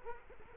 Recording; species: mosquito wingbeat signal from an infrared sensor; Culex quinquefasciatus